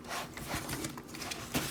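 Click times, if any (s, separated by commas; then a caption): none. A plastic tab on a folding panel of a Mastermind Creations R-43 MORS transforming robot toy is folded up and lined up between the treads to go into a matching tab. Steady plastic rubbing and scraping is heard as the parts are handled, with a brief louder scrape at about 0.9 s. Nothing has seated or clicked yet.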